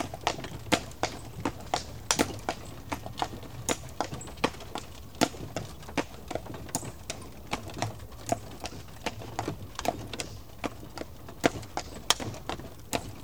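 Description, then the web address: Horse hoofbeats, a dense patter of sharp clicking strikes, irregular and continuous throughout, over a steady low rumble. "The BBC Sound Effects Library - Complete 60 CDs Collection Sound Effects Library (Horses # 2 and Dogs)"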